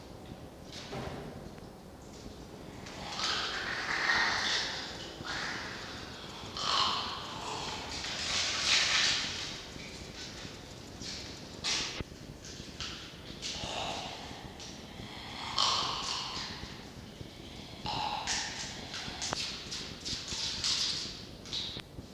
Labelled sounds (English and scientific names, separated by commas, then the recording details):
Red Fox (Vulpes vulpes)
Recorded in captivity
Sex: diverse
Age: adult
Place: Zoologisches Institut der HUB, Berlin, DE
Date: 1952-11-04 18:37
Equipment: Elmetra
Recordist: Tembrock, Günter